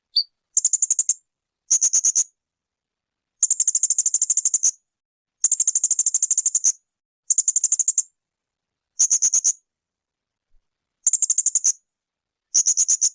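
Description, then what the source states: Spiderhunter song: long steady sequence of fast, high, chattering note bursts, repeated with short pauses. Continuous, clear, long-running song (gacor); intended as a tutor recording for birds.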